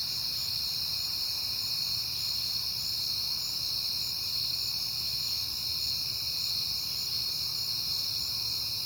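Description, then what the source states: Crickets calling in a constant shimmering high chorus, with faint low-pitched background noise. Crickets on a peaceful night in September.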